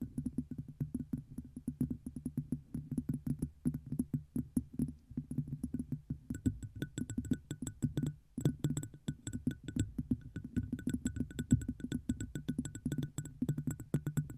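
Rapid, steady tapping on objects gives dense dull knocks with bright clicky edges, thickening after six seconds, with a brief pause near eight.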